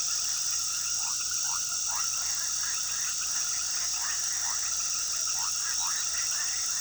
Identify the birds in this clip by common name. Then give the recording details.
none. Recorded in pastures near Puerto Asís, Putumayo, Colombia, on 20 February 2024 at 22:00. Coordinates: 0.466, -76.323. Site G6384